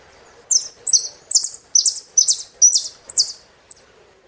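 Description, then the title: Saffron finch song: a series of seven loud, buzzy high phrases in quick succession, ending with one thin chip. "Jilguero Argentino"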